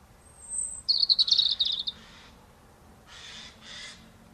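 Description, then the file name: European robin song, a thin high whistle leading into a quick twittering run, followed by softer harsh, rasping bursts. "Erithacus rubecula"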